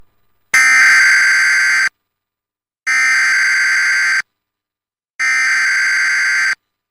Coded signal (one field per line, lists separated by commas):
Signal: Emergency Alert System (SAME) tones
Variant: header bursts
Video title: ⚠️⚡️ #EAS #PuertoRico aviso de tronada severa 2–May-2024 5:42PM